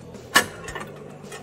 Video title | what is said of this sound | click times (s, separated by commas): The SnowDogg® VMXII Tech Overview - Buyers Products | Of course, that's the pin snapping back in. | 0.4 s